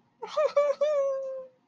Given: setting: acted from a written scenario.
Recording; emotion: vocal sound without words; sadness